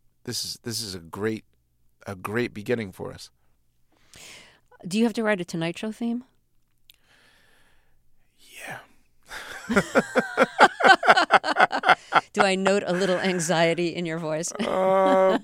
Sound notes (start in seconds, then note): 6.4 whispers; 9.4 laughter